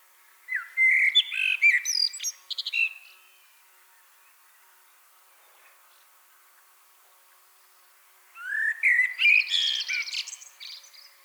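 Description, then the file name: Common blackbird singing two phrases separated by a long quiet gap, each a fluty warble ending in high scratchy twittering. "Turdus merula"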